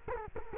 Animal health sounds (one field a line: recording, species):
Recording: mosquito wingbeat signal from an infrared sensor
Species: Culex quinquefasciatus